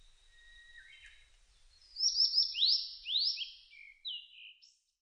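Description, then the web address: Blue-and-white flycatcher whistling a phrase of quick downward-slurred notes followed by a couple of softer trailing notes, after a faint, quieter opening. Recorded 25 June 2006. "2006 060625 ooruri"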